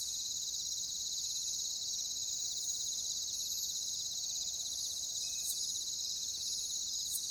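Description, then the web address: Crickets sing a steady high-pitched chirping drone, with a few faint short sweeps and clicks breaking through over the continuous chorus. "WLL Grade 1-12 Pre-Uni Library Natures Songs Sleep Sounds of Nature CRICKETS Crickets"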